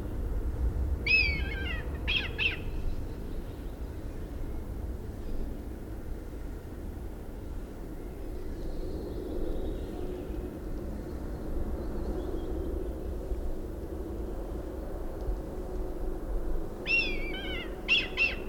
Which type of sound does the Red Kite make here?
call